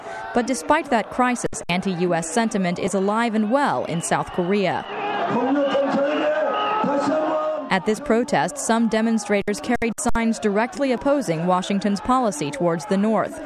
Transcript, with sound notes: But despite that crisis, anti-US sentiment is alive and well in South Korea. [The sounds of a large anti-American street protest in Seoul.] At this protest, some demonstrators carried signs directly opposing Washington’s policy towards the North.